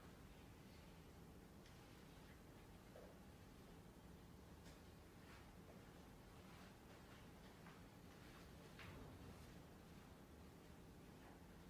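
A library in Glasgow, held under a steady low hum that fills the whole twelve seconds. Faint murmurs and soft rustles drift through the hush. Small clicks and taps pop up now and then, a little more often toward the end.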